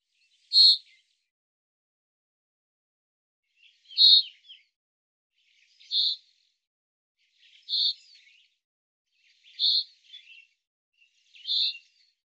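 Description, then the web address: Bird repeating a short, sharp high call six times, a longer pause after the first, then about two seconds apart, several followed by faint scratchy notes. "Deverinetal 2025 File cleaned normalized Bird Fr Co"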